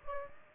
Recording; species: mosquito wingbeat signal from an infrared sensor; Aedes aegypti